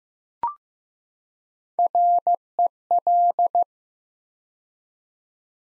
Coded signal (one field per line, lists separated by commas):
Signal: Morse code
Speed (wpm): 15 wpm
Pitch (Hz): 700 Hz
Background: none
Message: REL